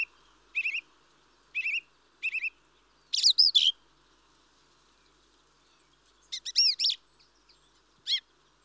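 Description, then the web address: Mistle thrush calling with a string of dry, buzzy chattering notes, some doubled or grouped in quick clusters, with short silent gaps between bursts. "BBC Sound Effects Library Birds Mistle Thrush (Turdus Viscivorus)"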